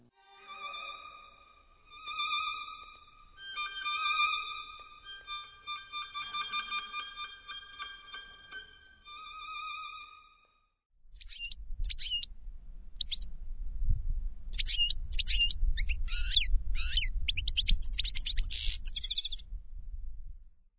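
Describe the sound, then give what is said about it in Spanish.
Orchestral music imitates goldfinch song with bright, rapid high trills for about ten seconds. Quick sharp chirping twitters follow over a steady low rumble. “Y el tercero es el jilguero.”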